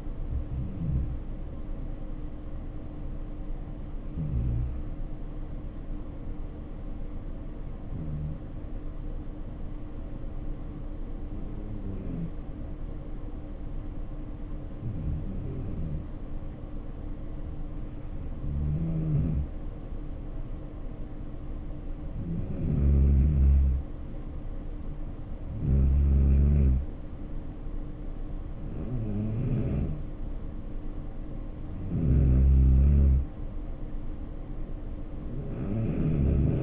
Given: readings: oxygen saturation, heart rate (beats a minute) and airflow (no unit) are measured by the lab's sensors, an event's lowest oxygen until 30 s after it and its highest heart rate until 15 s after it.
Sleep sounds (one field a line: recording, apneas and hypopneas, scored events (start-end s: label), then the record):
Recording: breathing in sleep by a smartphone at the bedside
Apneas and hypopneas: 1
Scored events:
4.00-24.70 s: hypopnea (N2, oxygen 95% highest, then 89% lowest, heart rate 65 at the start, 75 highest)
From the record:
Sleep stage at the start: N2 (light sleep)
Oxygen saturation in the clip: 78 to 95%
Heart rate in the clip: 62 to 75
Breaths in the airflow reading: 10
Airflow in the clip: -4.8 to 4.9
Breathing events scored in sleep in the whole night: 520 in 7.2 hours asleep